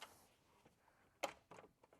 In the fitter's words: make sure all four of these clips are snapped into place and then